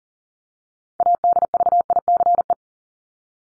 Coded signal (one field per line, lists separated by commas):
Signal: Morse code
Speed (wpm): 40 wpm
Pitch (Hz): 700 Hz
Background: none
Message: ADVICE